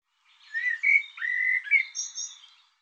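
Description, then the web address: Bird song: one continuous phrase of clear rising and falling whistles mixed with chirps, ending in high thin notes. Labelled 'Tu Me Tu Me'. "cianscape birddata Deverinetal 2025 Bird Tu Me Tu Me"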